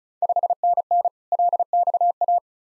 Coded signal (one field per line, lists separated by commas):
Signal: Morse code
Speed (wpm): 36 wpm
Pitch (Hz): 700 Hz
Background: none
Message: 5NN LXA